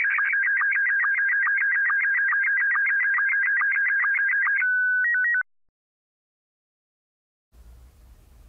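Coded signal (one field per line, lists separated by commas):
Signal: SSTV (slow-scan television)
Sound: fast warbling whistling tones around 1.5-2 kHz, then a steady tone with blips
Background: low hum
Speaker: I've selected a photo already on here of me holding a cassette tape which is fitting so what we're going to do is we're going to set up the Tascam 112 cassette deck to record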